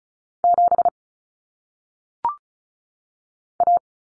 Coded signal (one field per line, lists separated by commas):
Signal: Morse code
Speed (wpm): 36 wpm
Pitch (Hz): 700 Hz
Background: none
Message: 7 A